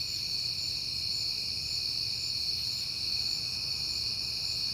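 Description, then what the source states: Crickets trill constantly at high pitch in stacked tones, with a faint low drone. Recorded at night in September on a peaceful night; crickets heard often that month.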